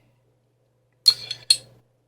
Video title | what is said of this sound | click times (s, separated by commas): Full dis/reassembly- FNH FNS-9 -pt.1 slide | push it until it clicks into place | 1.5 s